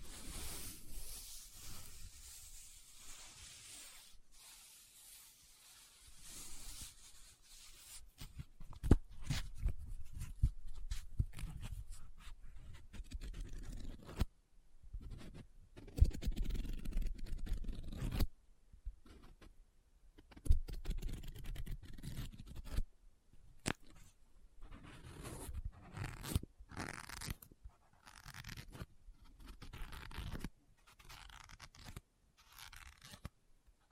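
Paper being handled: folded, rubbed, scratched and crinkled in irregular bursts. The first seven seconds hold a steady bright hiss of rubbing, then come choppy, stop-start crinkles and scrapes with short silent gaps, some sharper snaps mixed in.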